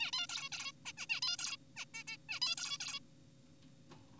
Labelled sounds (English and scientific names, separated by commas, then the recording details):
Zebra Finch (Taeniopygia guttata)
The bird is an adult
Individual g4p5U